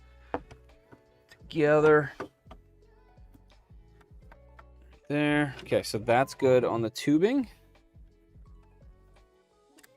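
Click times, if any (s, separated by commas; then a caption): 9.8 s. During assembly of a QIDI Q2C printer, a tube fitting from the tubing setup is pushed into a plastic holder. Someone talks, with faint light ticks and taps in between. A short double click at 9.8 s marks the fitting seating in the plastic.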